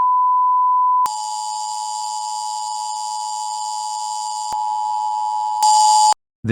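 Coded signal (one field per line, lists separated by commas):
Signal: Emergency Alert System (SAME) tones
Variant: 853 and 960 Hz attention tone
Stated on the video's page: Fictional UK EAS scenario, a simulation, not real broadcast footage.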